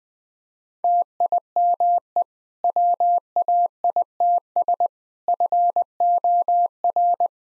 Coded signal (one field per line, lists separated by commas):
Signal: Morse code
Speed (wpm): 20 wpm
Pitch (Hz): 700 Hz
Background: none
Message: TIME WAITS FOR